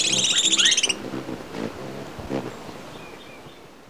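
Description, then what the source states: Booted racket-tail call: a rapid, high, tinkling series of notes for about a second, then softer, fading sounds. Ecuador.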